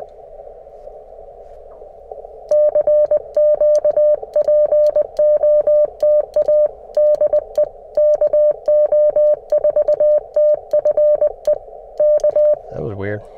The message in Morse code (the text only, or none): CQ POTA DE KO4TFE K